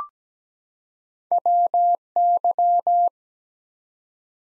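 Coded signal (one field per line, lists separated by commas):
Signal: Morse code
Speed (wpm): 17 wpm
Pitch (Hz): 700 Hz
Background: none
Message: WY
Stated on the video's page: Morse practice of ARRL section abbreviations used in Field Day contest exchanges at 17 wpm, sent twice.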